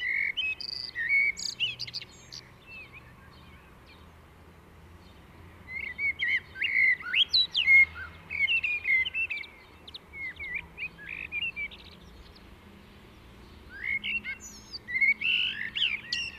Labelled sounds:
Common Blackbird (Turdus merula) song

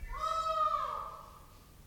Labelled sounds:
Green Peafowl (Pavo muticus) call

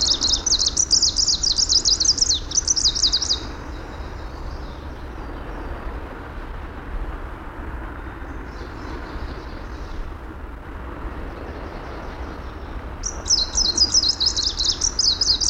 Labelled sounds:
Greenish Warbler (Phylloscopus trochiloides) song

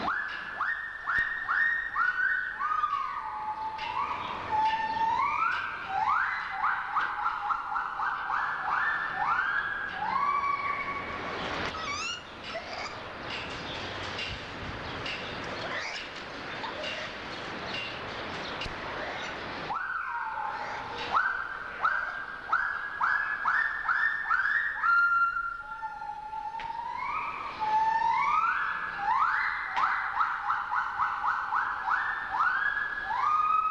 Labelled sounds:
Silvery Javan Gibbon (Hylobates moloch)

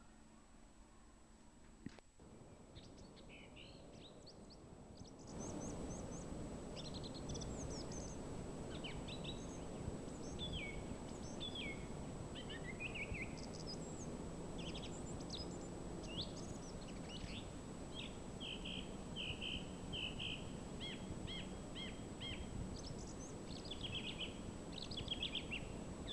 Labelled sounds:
Song Thrush (Turdus philomelos) song

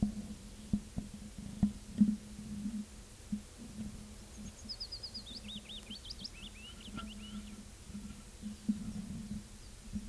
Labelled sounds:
Willow Warbler (Phylloscopus trochilus) song

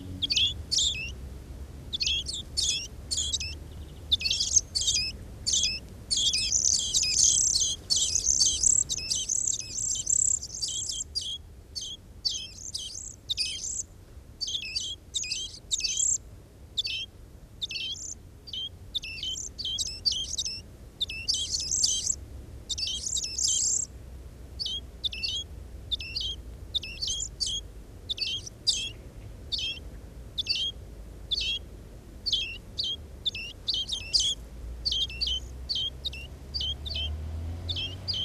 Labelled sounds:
European Greenfinch (Chloris chloris) call

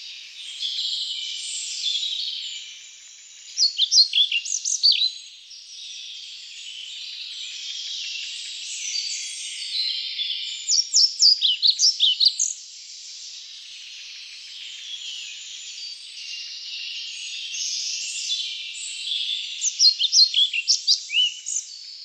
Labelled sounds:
European Pied Flycatcher (Ficedula hypoleuca) song

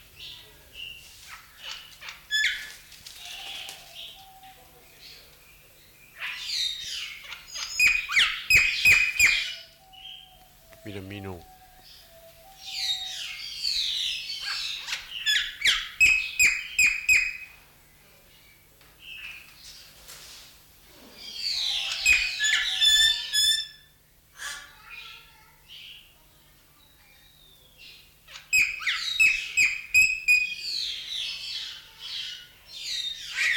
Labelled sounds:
Golden Myna (Mino anais)

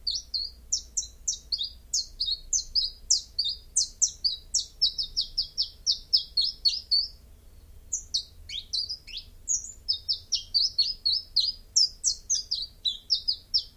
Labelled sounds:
Common Chiffchaff (Phylloscopus collybita) song

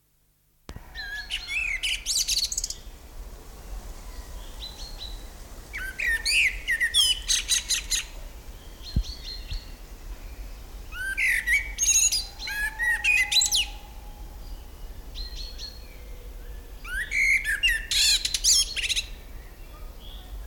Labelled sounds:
Common Blackbird (Turdus merula) song

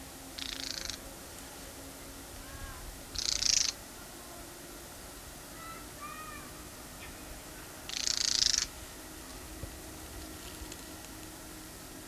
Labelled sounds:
Mistle Thrush (Turdus viscivorus) call

